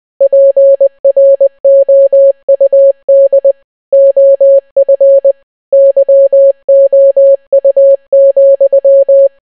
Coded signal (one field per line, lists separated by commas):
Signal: Morse code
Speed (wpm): 20 wpm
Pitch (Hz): 550 Hz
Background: none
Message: PROUD OF YOU,